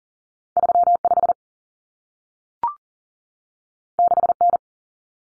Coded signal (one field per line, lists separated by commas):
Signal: Morse code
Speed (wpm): 40 wpm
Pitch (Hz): 700 Hz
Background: none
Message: 35 6N